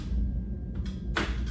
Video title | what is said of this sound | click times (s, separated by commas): Level 1 Infuser | pull this down until we hear the click, | 1.2 s